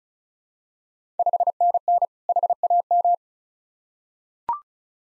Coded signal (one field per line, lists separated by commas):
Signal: Morse code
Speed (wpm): 36 wpm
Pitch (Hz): 700 Hz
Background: none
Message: 5NN HAM